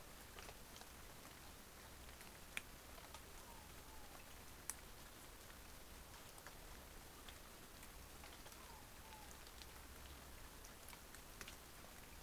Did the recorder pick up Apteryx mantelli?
no